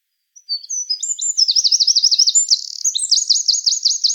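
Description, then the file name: Eurasian wren song, a long, loud, high trill of fast repeated notes that keeps going with little break. "Troglodytes troglodytes"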